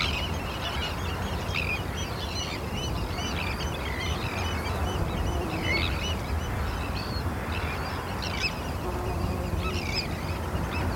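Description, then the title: Scattered harsh tern calls, short and scratchy, set against constant rainfall. Terns calling at RSPB Hodbarrow nature reserve, Cumbria, in autumn rain, recorded from inside a wooden bird hide by Martin Maudsley. "Sound Escape 32: listening to cries of terns from a bird hide at Hodbarrow, Cumbria"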